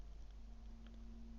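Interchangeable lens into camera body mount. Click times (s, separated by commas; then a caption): 0.9 s. A second interchangeable lens, with its white dots lined up, is twisted onto a Nikon camera body mount until the bayonet locks. A short, faint click is heard at 0.9 s over low steady hum, and the lens is seated.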